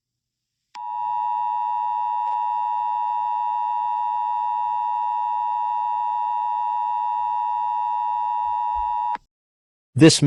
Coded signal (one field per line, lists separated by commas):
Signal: Emergency Alert System (SAME) tones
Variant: 853 and 960 Hz attention tone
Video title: EAS SCENARIO 34: Steve Cob's Revenge